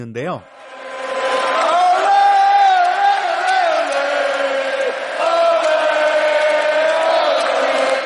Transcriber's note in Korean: 녹취: 축구 경기 현장음